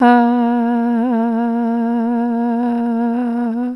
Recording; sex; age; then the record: sustained vowel /a/; female; 60 to 69 years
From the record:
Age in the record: 67 years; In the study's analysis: excluded